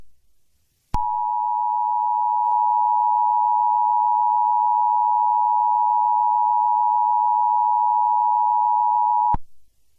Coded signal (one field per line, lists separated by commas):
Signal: Emergency Alert System (SAME) tones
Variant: 853 and 960 Hz attention tone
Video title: Angry EAS (my version)